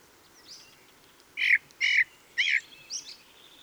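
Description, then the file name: Ring ouzel singing a phrase of three loud, rough, piping notes in quick succession, flanked by softer notes and a quiet background. Song; recorded on 26 April 2014. "Ringdrossel. Michle Pron"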